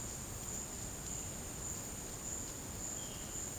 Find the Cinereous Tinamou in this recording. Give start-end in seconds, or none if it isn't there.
none